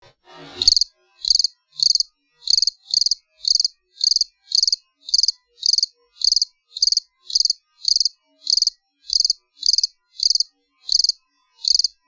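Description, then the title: Cricket chirps, each a short burst of rapid high pulses, repeated many times in a long series after a brief rustle at the start. "jangkrikk"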